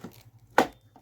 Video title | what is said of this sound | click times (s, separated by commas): محضر الطعام كيينود فى جهاز العروسة #سلسلة_جهاز_العروسه | كده اهو المدام سمعت صوت تكه | 0.6 s